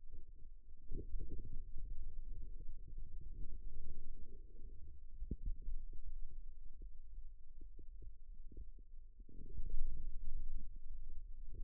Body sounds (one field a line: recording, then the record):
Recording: forearm muscle sounds (acoustic myography)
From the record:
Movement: radial deviation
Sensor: system 2, bracelet of six BSWA MPA416 microphones around the upper forearm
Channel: 5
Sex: male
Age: 22 years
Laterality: right